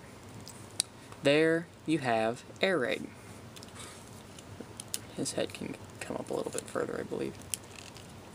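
Someone talks while handling a plastic transforming robot toy figure, getting ready to push its head further up into the torso socket. Faint plastic taps and small handling clicks sound over low background hiss. Nothing has seated or clicked into place yet; the head is not yet home.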